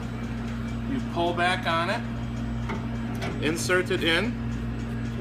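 The slider valve collar on a fryer filter return hose is pulled back and its metal quick-disconnect fitting is inserted into the fryer filter port and pushed, while someone talks over a steady low hum. The clip ends before the coupling goes home, so nothing has seated or clicked yet.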